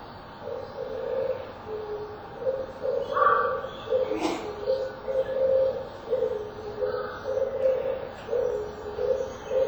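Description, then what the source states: Oriental turtle dove singing low, hollow cooing notes in rhythmic repeated phrases, steady throughout, with a few faint higher bird notes in the background. Song rendered 'dedeppoppo', repeated; most birds end the song on 'dedeppo' rather than the full phrase; recorded close by.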